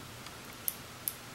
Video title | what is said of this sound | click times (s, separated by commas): 16 - BATTERY REPLACEMENT PROCEDURE (Sec 4.3.16) | you feel a little click and hear it then you know it's been inserted | 0.7 s, 1.1 s